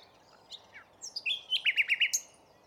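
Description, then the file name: Common nightingale song fragment: a few scattered notes, then a quick run of five or six loud, evenly spaced rapid notes. "Luscinia megarhynchos"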